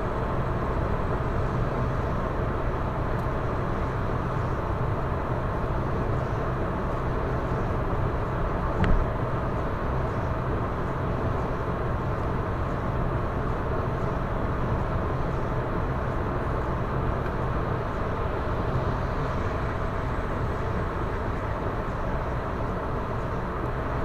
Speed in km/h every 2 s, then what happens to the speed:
115, 115, 115, 115, 115, 115, 115, 115, 115, 115, 110, 108.
0-18 steady at about 115. 18-24 slows to 108.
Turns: none.